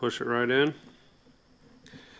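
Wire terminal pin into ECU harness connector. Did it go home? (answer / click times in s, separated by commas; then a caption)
yes / 1.9 s. Someone talks briefly, then a crimped VTEC wire terminal pin from another harness is pushed into the back of a plastic OBD-1 Honda ECU harness connector on a non-VTEC harness. After a quiet stretch with a soft sound near 1.6 s, a sharp click at 1.9 s marks the pin locking into place, fully seated.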